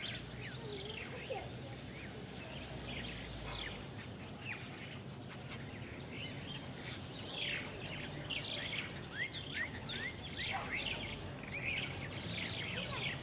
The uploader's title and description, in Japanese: 公園、鳥がいっぱい。公園にある大きな木にいろんな種類の鳥が集まっていました。